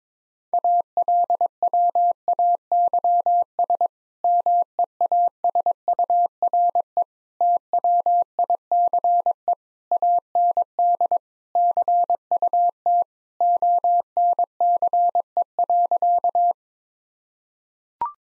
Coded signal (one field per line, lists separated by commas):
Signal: Morse code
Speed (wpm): 22 wpm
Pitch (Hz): 700 Hz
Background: none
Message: ALWAYS MEASURE TWICE AND CUT ONCE.